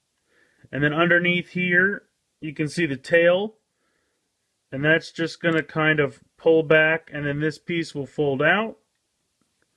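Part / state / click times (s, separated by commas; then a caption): plastic tail piece into transforming toy egg figure body / not seated / none. Someone talks while handling the plastic tail piece underneath a transforming toy egg figure, pulling it back and starting to fold it out from the body. The clip ends before the tail goes home, and nothing has seated or clicked yet.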